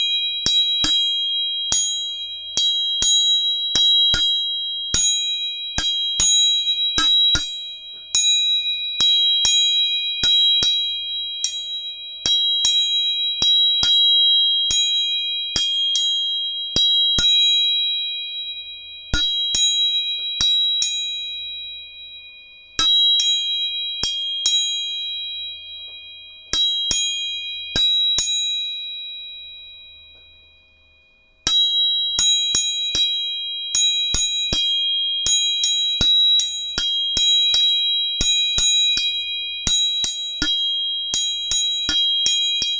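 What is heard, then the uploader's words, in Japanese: Tuning forks are struck again and again, each sharp tap leaving a bright, high ringing tone that hangs and slowly fades. The strikes come irregularly, often several per second, with a few brief pauses where the ring dies away before tapping resumes. 音叉チューニング3本。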